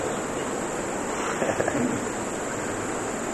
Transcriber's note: laughs